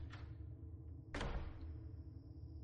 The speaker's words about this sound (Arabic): بعد لحظات اتخذ قراره، اتجه إلى باب الشقة بحذر وفتحه وفر إلى الخارج.